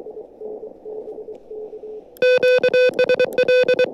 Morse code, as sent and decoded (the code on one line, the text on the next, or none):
--.- ... .-..
QSL